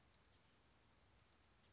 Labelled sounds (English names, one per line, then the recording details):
Bewick's Wren
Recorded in Sonoma County, California